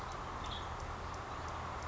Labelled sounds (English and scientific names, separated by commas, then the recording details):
Western Tanager (Piranga ludoviciana)
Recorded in Sonoma County, California